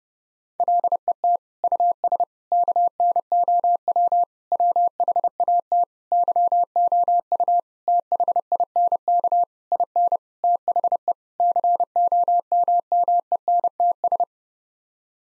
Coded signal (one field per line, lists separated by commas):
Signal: Morse code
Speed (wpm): 30 wpm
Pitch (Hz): 700 Hz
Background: none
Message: LET US KNOW WHAT YOU THINK IN THE COMMENTS